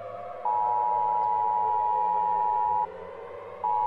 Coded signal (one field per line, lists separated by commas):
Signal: Emergency Alert System (SAME) tones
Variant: 853 and 960 Hz attention tone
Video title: Emergency Alert System in Brookhaven be like..